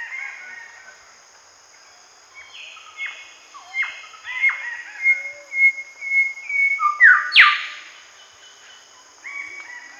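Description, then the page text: Golden whistler song opening quietly, then a run of ringing whistled notes ending in a loud snapping crack around seven seconds, trailed by soft whistles; faint continuous high hiss. "Golden Whistler Song. Quick Sounds"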